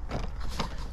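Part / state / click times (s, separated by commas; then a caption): crimped vinyl siding panel edge into undersill trim / seated / 0.1 s, 0.6 s. A vinyl board and batten siding piece with crimped tabs is pushed into vinyl undersill trim, giving two short clicks at about 0.1 and 0.6 seconds. The crimped edge engages and locks into the undersill trim.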